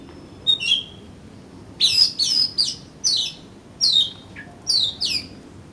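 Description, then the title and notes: Oriental magpie-robin singing loud, high, downward-slurred whistles, several in quick pairs, with one lower short note near the end. "suara kacer. kumpulan suara burung kacer"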